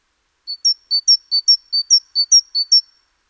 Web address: SETE data Parus major